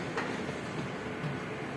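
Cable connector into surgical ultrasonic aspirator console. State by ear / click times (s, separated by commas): not seated / none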